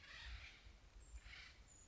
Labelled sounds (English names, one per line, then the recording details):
Acorn Woodpecker
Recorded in Sonoma County, California